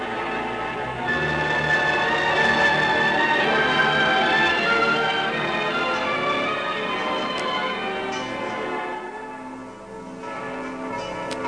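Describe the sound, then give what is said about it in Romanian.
The bells of Notre-Dame cathedral ring together in its tall bell tower in the morning, a dense, steady peal, their overlapping metallic tones sustaining loudly throughout before easing slightly near the end, with no voices. “Dimineața, când începeau să sune clopotele catedralei în turnul înalt al clopotniței, un trup monstruos se legăna agățat de frânghia celui mai mare clopot.”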